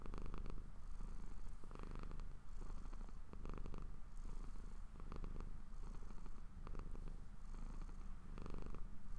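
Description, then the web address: Cat giving a deep, even purr in rhythmic pulses that rise and fall, no other sounds. Pet cat purring while falling asleep. "Popuppowerbombme My Cat Purring To Sleep"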